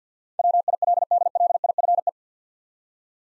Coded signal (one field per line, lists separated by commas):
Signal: Morse code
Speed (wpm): 49 wpm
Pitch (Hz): 700 Hz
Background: none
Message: WILDLIFE